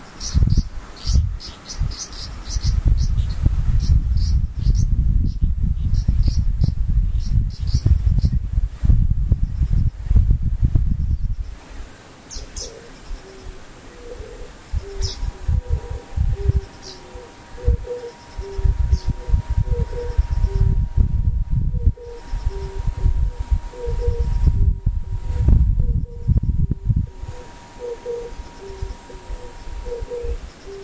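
Insects sing over a dense, rustling low rumble that is heavy for the first eleven seconds, then thins and returns in bursts. From about twelve seconds a quick, regular ticking pulse and a steady thin tone run through to the end, with occasional sharp clicks.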